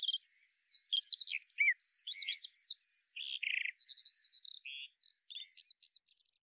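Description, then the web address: Bird song, a fast, varied run of high chirps, trills and short whistled notes, with brief pauses between bursts and no other sounds. "Deverinetal 2025 File cleaned normalized Bird Al Ar"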